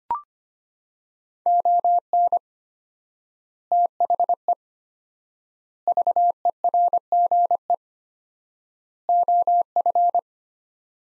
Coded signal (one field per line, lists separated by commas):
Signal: Morse code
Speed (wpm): 25 wpm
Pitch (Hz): 700 Hz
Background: none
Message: ON THE VERGE OF